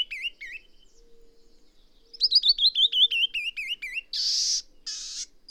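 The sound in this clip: Songbird whistling a quick run of wavering notes that drift downward, followed by two loud rasping buzzes; a faint low hum in the background.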